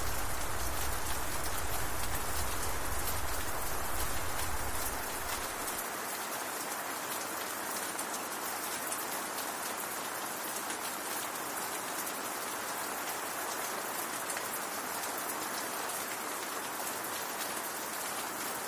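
Rain falls on a castle in a steady, dense hiss of countless drops, bright and even throughout. For the first five seconds a low rumble sits under the rain, then drops away, leaving the downpour alone and slightly quieter.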